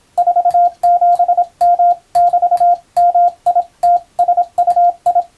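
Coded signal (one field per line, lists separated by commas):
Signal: Morse code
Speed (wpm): 26 wpm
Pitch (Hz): 700 Hz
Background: radio noise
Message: 47M<BT>MITSUI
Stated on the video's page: Morse code reception practice of telegram-style text for radiotelegraph operators, intended to be played at adjustable speed.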